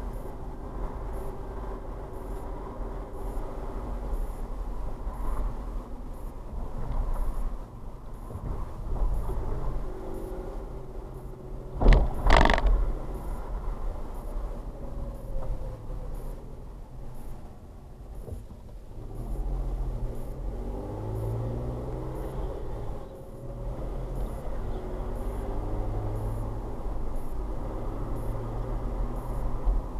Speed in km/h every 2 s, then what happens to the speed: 23, 23, 23, 21, 18, 18, 18, 18, 10, 8, 13, 19, 24, 26, 29.
0-14 steady at about 18. 14-18 slows to 8. 18-30 speeds up to 29.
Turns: 17-21.